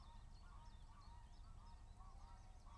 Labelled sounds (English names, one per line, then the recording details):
Common Chiffchaff
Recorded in Germany
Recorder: ecoPi